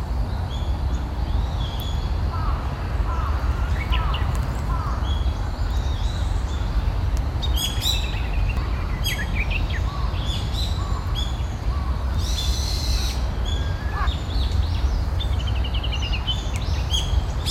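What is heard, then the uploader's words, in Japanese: Japanese bush warblers and other birds call through a park morning, with bright chirps and short trills scattered across the clip, a cluster of sharp calls near 8 seconds and a dense burst around 12–13 seconds. A steady low rumble of traffic or wind runs underneath throughout. 公園の朝散歩より610ウグイスたち。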